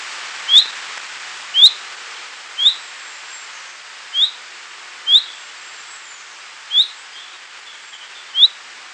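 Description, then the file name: Common chaffinch giving brief, sharp call notes every one to two seconds, seven in total, against light hiss. "Fringilla coelebs"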